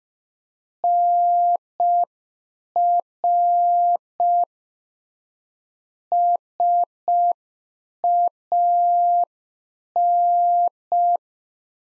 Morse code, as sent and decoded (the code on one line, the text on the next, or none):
-. .-. / ... .- -.
NR SAN